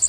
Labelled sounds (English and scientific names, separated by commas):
Connecticut Warbler (Oporornis agilis) flight call